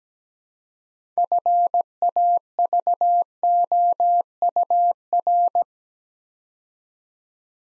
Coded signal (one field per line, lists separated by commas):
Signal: Morse code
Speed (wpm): 17 wpm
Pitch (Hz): 700 Hz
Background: none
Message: FAVOUR